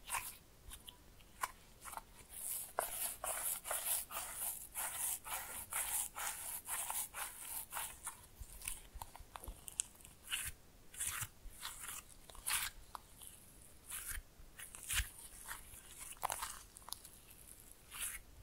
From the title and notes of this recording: ASMR Fun with Slime No Talking.